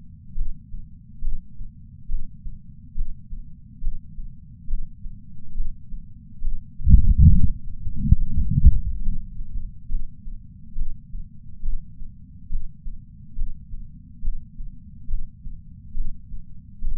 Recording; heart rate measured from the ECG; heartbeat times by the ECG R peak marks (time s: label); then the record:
heart sounds by patch sensor on the chest; 73 bpm
0.35 s: heartbeat
1.21 s: heartbeat
2.08 s: heartbeat
2.94 s: heartbeat
3.80 s: heartbeat
4.67 s: heartbeat
5.54 s: heartbeat
6.41 s: heartbeat
7.13 s: heartbeat
7.94 s: heartbeat
8.64 s: heartbeat
9.30 s: heartbeat
10.12 s: heartbeat
10.75 s: heartbeat
11.62 s: heartbeat
12.49 s: heartbeat
13.34 s: heartbeat
14.28 s: heartbeat
15.07 s: heartbeat
15.94 s: heartbeat
16.81 s: heartbeat
From the record:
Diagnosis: coronary artery disease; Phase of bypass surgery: intraoperative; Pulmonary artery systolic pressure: 30 mmHg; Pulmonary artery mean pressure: 20 mmHg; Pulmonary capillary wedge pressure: 14 mmHg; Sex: male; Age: 62 years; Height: 165 cm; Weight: 72 kg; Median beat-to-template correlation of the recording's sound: 0.95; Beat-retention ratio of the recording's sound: 0.98